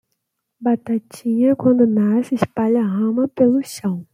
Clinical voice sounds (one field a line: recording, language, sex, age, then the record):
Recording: short text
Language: Brazilian Portuguese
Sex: female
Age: 20 to 29 years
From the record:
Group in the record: control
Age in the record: 28 years